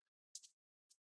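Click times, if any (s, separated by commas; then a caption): 0.3 s. During reassembly of an HP Pavilion Gaming 15-cb001 laptop, the plastic bottom cover is squeezed at the back and sides so its clips snap into the palm rest. A sharp, bright snap at 0.4 s is quickly followed by a second, and a lighter click comes near 0.9 s after a faint tick at the start. The bottom cover clips are seated.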